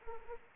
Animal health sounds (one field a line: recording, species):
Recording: mosquito wingbeat signal from an infrared sensor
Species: Anopheles arabiensis